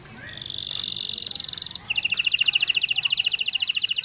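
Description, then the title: Canary song: a steady high rolling trill, then a louder series of sharp repeated notes lasting about two seconds. Canary singing long rolls; a master recording for training other birds. "Master Burung Jos"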